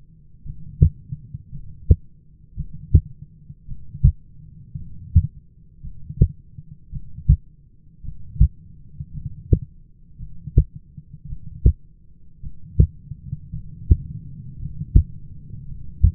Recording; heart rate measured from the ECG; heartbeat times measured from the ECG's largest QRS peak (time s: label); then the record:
heart sounds by stethoscope; 55 bpm
0.44 s: heartbeat
1.51 s: heartbeat
2.56 s: heartbeat
3.67 s: heartbeat
4.77 s: heartbeat
5.82 s: heartbeat
6.91 s: heartbeat
8.03 s: heartbeat
9.13 s: heartbeat
10.18 s: heartbeat
11.27 s: heartbeat
12.41 s: heartbeat
13.51 s: heartbeat
14.58 s: heartbeat
15.66 s: heartbeat
From the record:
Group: heart failure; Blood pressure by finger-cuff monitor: 113/63 mmHg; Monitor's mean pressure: 77 mmHg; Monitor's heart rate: 56 bpm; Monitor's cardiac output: 6.5 L/min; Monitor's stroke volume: 117 mL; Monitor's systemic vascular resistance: 860 dyn s/cm5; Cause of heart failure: dilated cardiomyopathy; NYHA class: 2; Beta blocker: bisoprolol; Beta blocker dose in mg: 10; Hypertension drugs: sacubitril-valsartan, spironolactone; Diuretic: furosemide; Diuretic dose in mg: 40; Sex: male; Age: 29 years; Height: 174 cm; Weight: 92 kg